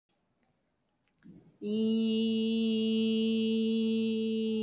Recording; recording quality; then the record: sustained vowel as in beet; excellent, no background noise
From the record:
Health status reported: recovered from COVID-19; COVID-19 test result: positive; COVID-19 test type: rapid antigen test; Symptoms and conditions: cough, cold, sore throat, fever, muscle pain, diarrhoea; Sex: female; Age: 43 years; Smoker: no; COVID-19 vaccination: both doses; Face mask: worn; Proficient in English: yes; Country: India